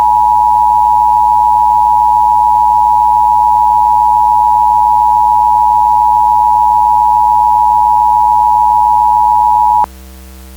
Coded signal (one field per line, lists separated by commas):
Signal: Emergency Alert System (SAME) tones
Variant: 853 and 960 Hz attention tone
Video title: Minneapolis Massacre (SB LII EAS Scenario)